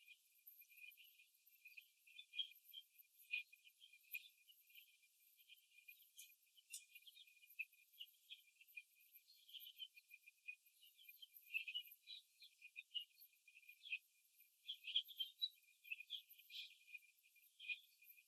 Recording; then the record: young laying hens in a cage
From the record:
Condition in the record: before the stressor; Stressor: simulated dog barking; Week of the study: 2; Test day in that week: 3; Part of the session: 2